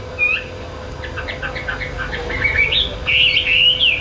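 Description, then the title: Bird song: a run of quick, high chirps that build into brighter, louder twittering notes, with a steady low hum underneath. "SuaraBurung Kicau"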